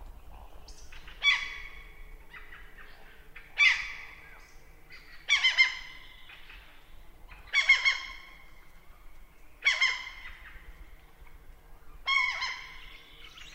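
A golden oriole sings in a lakeside birch wood on an early summer morning, repeating a short, fluty phrase about every two seconds. Each phrase rises and falls brightly, with a soft ringing tail. A faint low rumble sits underneath throughout.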